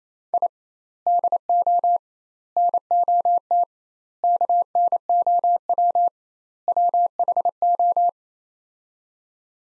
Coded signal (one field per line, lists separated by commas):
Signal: Morse code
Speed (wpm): 27 wpm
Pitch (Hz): 700 Hz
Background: none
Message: I DO NOT KNOW WHO